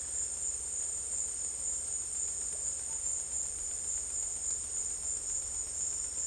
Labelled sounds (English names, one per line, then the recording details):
none
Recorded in dense forest near Puerto Asís, Putumayo, Colombia, on 20 December 2024 at 13:30
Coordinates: 0.482, -76.320
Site G021